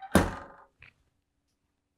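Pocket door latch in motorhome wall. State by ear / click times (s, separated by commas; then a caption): seated / 0.2 s. A pocket door in the wall of a 2024 Newmar Bay Star motorhome is pushed down and slid open, and its latch locks automatically in the open position with a loud thunk at 0.2 s. The thunk rings out for about half a second, followed by a brief faint tap at 0.8 s. The door is locked open.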